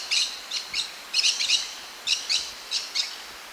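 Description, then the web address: Green-cheeked parakeet making harsh, grating screeches in short irregular bursts, some doubled, over steady background hiss. South America. "Natures Songs S America Green-Cheeked Parakeet"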